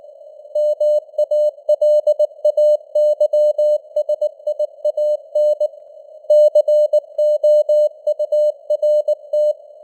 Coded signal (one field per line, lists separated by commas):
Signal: Morse code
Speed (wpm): 19 wpm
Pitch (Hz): 600 Hz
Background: none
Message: MALAYSIAN COURT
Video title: Morse Code News | 2025-12-27 | 19wpm